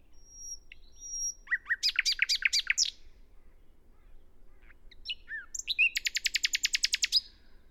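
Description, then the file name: Common nightingale song: two thin high whistles, a burst of loud chattering notes, a pause with scattered chips, then a fast rattling trill of repeated sharp notes. "Luscinia megarhynchos"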